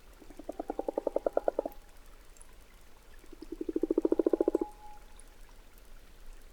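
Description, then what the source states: Common frog croaking in two soft, fast pulsed bursts of about a second and a half each, rising in loudness, separated by a quiet gap, with a faint thin tone. Late February, Valdrôme forest, Diois, by a temporary forest pond; frogs just emerged after a cold winter; recorded with Nagra Ares BB+ and DPA6007.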